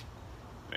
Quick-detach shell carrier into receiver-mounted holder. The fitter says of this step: kind of slide it in it clicks right in so you can actually buy spare carriers and